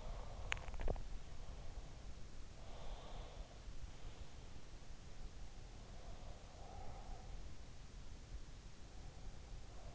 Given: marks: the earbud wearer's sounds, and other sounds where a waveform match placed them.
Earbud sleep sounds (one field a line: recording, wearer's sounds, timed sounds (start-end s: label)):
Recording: sounds in sleep by an in-ear microphone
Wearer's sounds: swallowing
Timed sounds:
0.00-2.19 s: swallowing
2.62-4.90 s: sound from someone else or the room
5.53-7.53 s: sound from someone else or the room